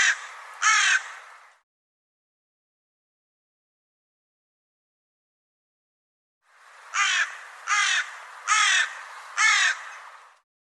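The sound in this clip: Bird giving harsh crow-like caws, two at the start, then after a silence a run of four evenly spaced raspy caws.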